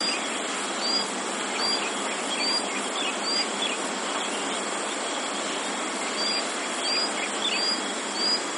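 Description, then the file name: Common sandpiper calls, brief high piping notes in a spaced series with a pause midway, above constant loud hissing noise. "isoshigi"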